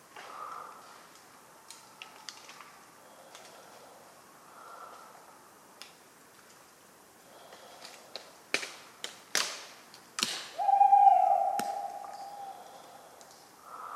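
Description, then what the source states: Tawny owl hoot, a single long hollow note late on, amid a run of sharp knocking acorn drops and slow faint snore-like breaths. Talkative tawny owl at night, cold 11 November 1995, Ménigoute ornithological film festival, France; autumn ambience with regularly falling acorns; the recordist fell asleep, mixing in his sleeping sounds.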